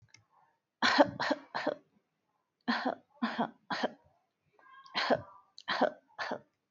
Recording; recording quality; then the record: shallow voluntary cough; excellent, no background noise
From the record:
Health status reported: healthy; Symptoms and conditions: none ticked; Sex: female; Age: 30 years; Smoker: not ticked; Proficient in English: yes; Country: India